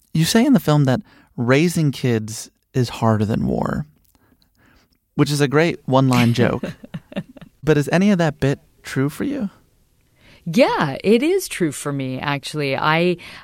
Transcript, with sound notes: You say in the film that raising kids is harder than war, which is a great one-line joke.
(Laughter).
But is any of that bit true for you?
Yeah. It is true for me, actually.